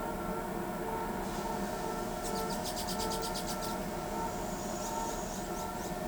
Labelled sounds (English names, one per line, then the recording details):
Carib Grackle
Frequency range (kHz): Carib Grackle 2.3-20.5 kHz
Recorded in pastures near Pivijay, Magdalena, Colombia, on 16 April 2023 at 07:00
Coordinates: 10.456, -74.369
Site P6-G026